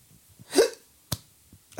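A brief airy, gasp-like burst is followed about half a second later by a sharp, abrupt catch in a quiet room. These are repeating involuntary hiccups in an adult: sudden spasms of the diaphragm snapped off by closure of the vocal cords.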